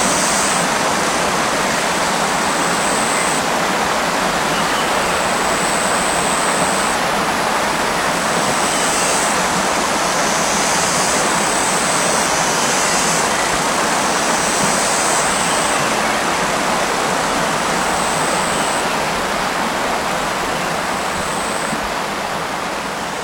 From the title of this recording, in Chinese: 沉静虫鸣小溪